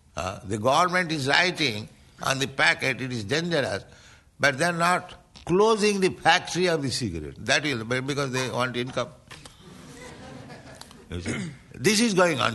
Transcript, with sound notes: The government is writing on the packet, "It is dangerous," but they are not closing the factory of the cigarette. That will... Because they want income. [laughter] You see? This is going on.